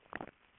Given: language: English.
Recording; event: throat vibration sensor signal played as sound; swallow